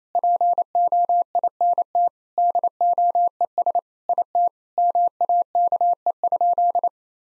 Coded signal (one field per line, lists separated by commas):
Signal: Morse code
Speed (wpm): 28 wpm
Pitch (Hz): 700 Hz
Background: none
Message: POINT DOES IT MAKE?